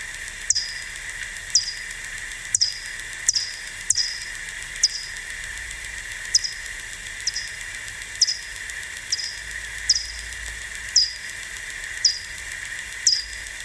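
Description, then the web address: Bat echolocation: a long series of quick downward chirps, mostly about a second apart with a few closer pairs, over a steady hiss. "fledermaus hoerbeispiele-fledermausrufe fledermausruf"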